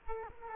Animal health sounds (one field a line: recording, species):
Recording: mosquito wingbeat signal from an infrared sensor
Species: Culex quinquefasciatus